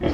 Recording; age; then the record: pig call; growing-finishing pig (85 days or more)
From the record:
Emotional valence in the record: negative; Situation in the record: barren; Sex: female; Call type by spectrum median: low-frequency call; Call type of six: low-frequency tonal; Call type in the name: low-frequency stable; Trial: 2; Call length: 0.14 s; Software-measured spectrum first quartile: 211 Hz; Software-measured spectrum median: 365 Hz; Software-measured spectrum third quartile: 724 Hz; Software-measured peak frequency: 331 Hz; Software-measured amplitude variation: 130 dB a second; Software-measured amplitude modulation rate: 17.6 a second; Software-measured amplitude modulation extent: 7.4 dB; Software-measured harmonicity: -0.7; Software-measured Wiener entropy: -0.75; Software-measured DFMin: 1361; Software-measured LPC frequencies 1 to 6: 445, 1987, 3199, 4355, 5204, 6797 Hz